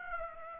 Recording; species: mosquito wingbeat signal from an infrared sensor; Aedes aegypti